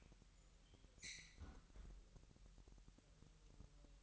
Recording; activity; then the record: daily activity, microphone in the room; close fridge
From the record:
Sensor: 3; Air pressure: 1001.9 hPa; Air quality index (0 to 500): 246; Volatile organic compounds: 51 ppm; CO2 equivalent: 3303 ppm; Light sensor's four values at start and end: 12/36/16/13 and 12/36/16/13